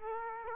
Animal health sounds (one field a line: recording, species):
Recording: mosquito wingbeat signal from an infrared sensor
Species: Aedes aegypti